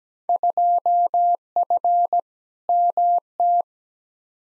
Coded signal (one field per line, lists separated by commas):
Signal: Morse code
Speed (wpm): 17 wpm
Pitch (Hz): 700 Hz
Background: none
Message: 2F MT